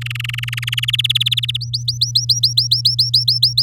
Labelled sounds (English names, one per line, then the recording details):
Domestic Canary song
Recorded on 9 May 2018 at 07:01
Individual llb16